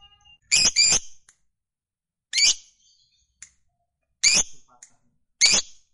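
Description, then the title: Lovebird squawking shrilly: a doubled harsh call, then single grating squawks spaced a second or two apart, with quiet gaps between them. Fighter-type lovebird; the recording is of its long chatter (ngekek panjang). "Begitu Dengar Suara Lovebird FIGHTER NGEKEK PANJANG"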